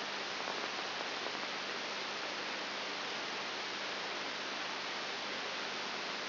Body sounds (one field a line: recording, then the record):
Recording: brain microelectrode recording played as sound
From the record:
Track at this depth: inside the subthalamic nucleus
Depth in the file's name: 6.3 mm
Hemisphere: right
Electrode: 3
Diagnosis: Parkinson's disease